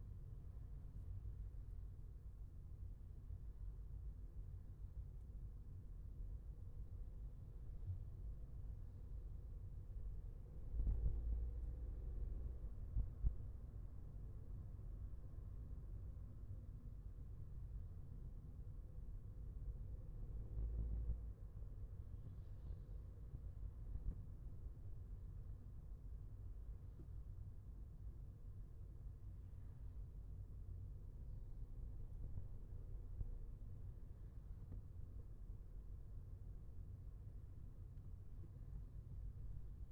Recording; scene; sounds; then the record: everyday scene through a hearing-aid microphone; in a vehicle; engine, traffic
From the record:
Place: Skoda Fabia, gasoline engine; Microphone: behind the ear, left, front